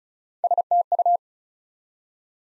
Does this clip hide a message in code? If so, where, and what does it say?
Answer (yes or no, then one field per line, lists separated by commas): yes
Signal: Morse code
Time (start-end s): 0.4-1.2 s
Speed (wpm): 36 wpm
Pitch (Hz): 700 Hz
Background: none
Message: STU